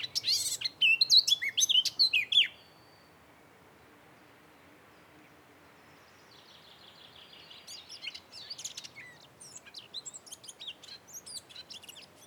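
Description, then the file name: Eurasian blackcap song: a loud burst of quick, varied twittering notes, a quiet pause, then softer chattering warbles continuing to the end. "Sylvia atricapilla"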